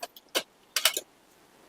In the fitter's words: ఈ విధంగా తగిలించేసేయాలి తగిలించిన తర్వాత ఈ విధంగా లాక్ అయిపోతుంది